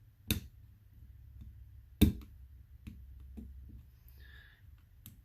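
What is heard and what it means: A spiral wrist pin lock is wound into the groove of a piston pin bore until it snaps into place. Sharp clicks are heard at 0.3 s and 2.0 s, followed by fainter ticks, and the lock ends up seated in the groove.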